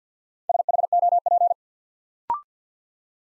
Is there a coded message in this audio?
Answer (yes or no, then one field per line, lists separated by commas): yes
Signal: Morse code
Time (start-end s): 0.5-1.5 s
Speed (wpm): 50 wpm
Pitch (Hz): 700 Hz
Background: none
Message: SHOP